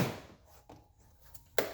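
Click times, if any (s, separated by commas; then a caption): 1.6 s. After an HID xenon bulb swap on a BMW, the plastic back cover of the headlight housing is pressed back on, with faint handling taps around 0.7 s and 1.4 s. The cover's first clip snaps into the housing with a sharp click at 1.6 s, so the cover is only partly on and not yet fully home.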